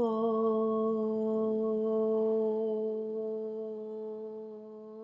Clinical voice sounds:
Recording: sustained vowel /o/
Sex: female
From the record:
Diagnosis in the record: healthy control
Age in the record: 60 years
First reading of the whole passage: 59 s, 7.9 characters per second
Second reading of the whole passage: 55 s, 8.5 characters per second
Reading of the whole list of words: 44 s, 6.4 characters per second

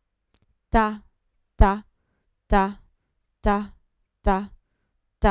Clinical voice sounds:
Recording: repeated syllable /ta/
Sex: female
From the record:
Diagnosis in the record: Parkinson's disease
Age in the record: 54 years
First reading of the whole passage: 55 s, 9.4 characters per second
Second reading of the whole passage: 50 s, 10.4 characters per second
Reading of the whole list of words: 55 s, 5.1 characters per second

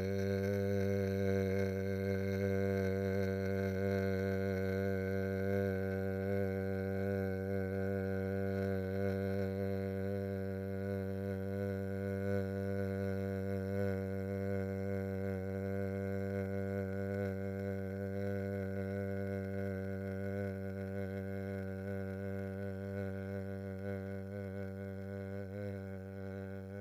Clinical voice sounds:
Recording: sustained vowel /e/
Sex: male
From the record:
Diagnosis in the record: Parkinson's disease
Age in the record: 65 years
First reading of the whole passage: 52 s, 9.9 characters per second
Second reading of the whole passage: 50 s, 10.3 characters per second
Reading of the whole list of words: 40 s, 7.0 characters per second

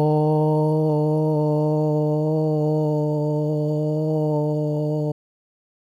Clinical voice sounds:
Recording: sustained vowel /o/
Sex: male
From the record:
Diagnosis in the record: Parkinson's disease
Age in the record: 56 years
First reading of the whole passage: 87 s, 6.0 characters per second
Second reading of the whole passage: 67 s, 7.8 characters per second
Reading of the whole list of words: 59 s, 4.8 characters per second

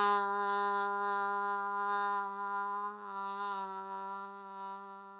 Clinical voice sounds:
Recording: sustained vowel /a/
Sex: female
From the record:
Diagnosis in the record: healthy control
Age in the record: 61 years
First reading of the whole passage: 67 s, 7.7 characters per second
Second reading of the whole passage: 54 s, 9.6 characters per second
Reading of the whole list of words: 44 s, 6.4 characters per second

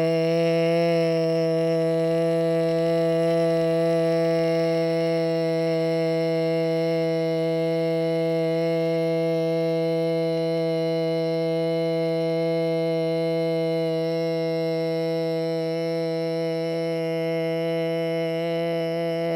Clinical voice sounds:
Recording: sustained vowel /e/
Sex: female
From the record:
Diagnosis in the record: Parkinson's disease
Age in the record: 61 years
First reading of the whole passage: 53 s, 9.7 characters per second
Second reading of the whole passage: 51 s, 10.1 characters per second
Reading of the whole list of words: 49 s, 5.7 characters per second

